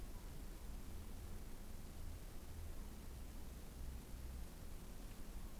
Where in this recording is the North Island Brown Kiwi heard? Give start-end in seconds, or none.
none